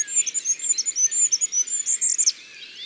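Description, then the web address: Goldcrest singing a very high, thin series of rapid repeated notes that wavers up and down, then ends in a quick flourish after about two seconds. "Roitelet-huppe abc-de-la-nature"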